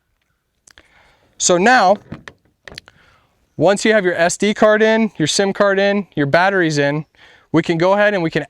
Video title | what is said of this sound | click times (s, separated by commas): Getting Started Reveal X-Pro Cell Camera | push it in until it clicks and that sd card should sit flush within the side of your camera | 0.7 s, 0.8 s